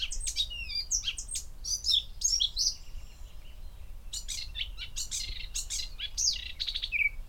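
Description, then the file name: Eurasian blackcap song: two bright warbled phrases of mixed chirps and whistles, split by a short gap, ending on a clear whistled note. "Sylvia atricapilla"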